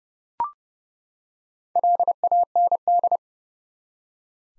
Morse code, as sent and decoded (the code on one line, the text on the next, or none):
.-.. .- -. -..
LAND